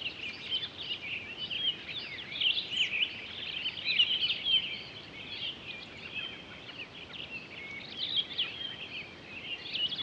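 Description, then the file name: Townsend's solitaire singing a long, continuous rambling warble of high, varied twittering notes that rises and falls in loudness throughout, over soft background noise. Recorded 23 October 2011. "20111023 townsends-solitaire"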